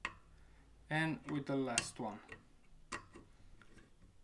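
The last machine screw is being handled at the threaded hole of a Bitmain Antminer Z15 crypto miner hashboard heatsink, set to be back-turned until its thread drops into the start of the hole. Someone talks over a quiet background with a few faint ticks. Nothing has seated or clicked yet.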